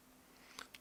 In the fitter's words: fois qu'on entend le petit clip c'est que c'est bon ensuite